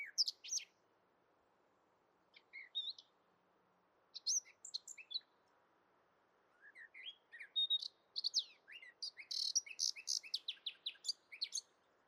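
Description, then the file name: Eurasian blackcap song: short scattered bursts of high, squeaky warbled notes with gaps between, building into a denser, faster run of chattering phrases near the end. "Sylvia atricapilla"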